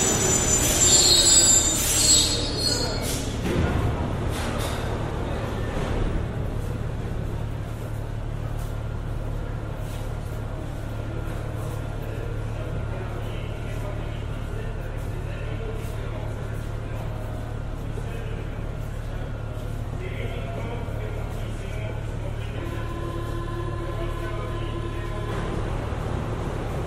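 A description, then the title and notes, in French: A Paris Métro ride, with a steady low rumble and hum running throughout. The first few seconds are louder and busier, with clattering and a burst of noise around four seconds, then the ride settles. Near the end, steady tones sound briefly, with occasional ticking. Métro parisien.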